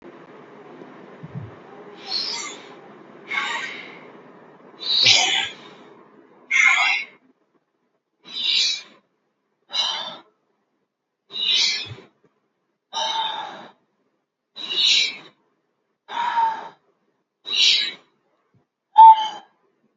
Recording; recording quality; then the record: deep breathing; excellent, no background noise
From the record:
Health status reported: healthy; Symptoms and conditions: muscle pain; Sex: male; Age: 24 years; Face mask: worn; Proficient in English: yes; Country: India